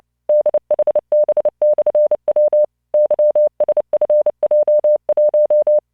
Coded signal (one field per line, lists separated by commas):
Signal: Morse code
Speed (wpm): 29 wpm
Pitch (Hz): 600 Hz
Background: none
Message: DHB/W YSFJ1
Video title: tamanのモールス練習動画25（モールス信号 速度29WPM スペース標準 Learn Morse Code